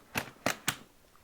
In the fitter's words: clips in place nicely,